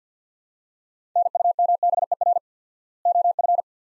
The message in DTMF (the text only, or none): none